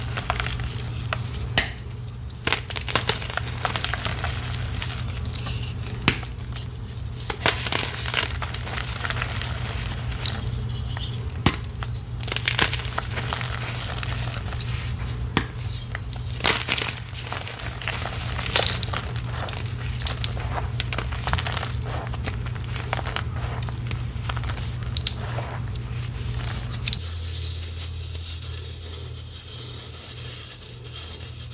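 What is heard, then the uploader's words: Gym chalk is crushed in dense, continuous crinkly crackling over a steady low hum that drops slightly in pitch near the end. A series of short gym chalk crushing videos.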